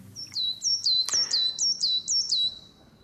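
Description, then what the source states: Coal tit song: high, thin two-note phrases repeated several times in quick succession, each a higher note dropping sharply to a lower one, with a brief click partway through. Sounds somewhat like a great tit's song, but slightly different.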